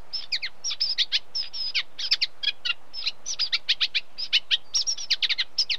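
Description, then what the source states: Eurasian Reed Warbler song, a busy stream of short chirruping and clicking notes. Unmated male singing.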